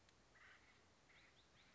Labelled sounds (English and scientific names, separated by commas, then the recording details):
Acorn Woodpecker (Melanerpes formicivorus)
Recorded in Sonoma County, California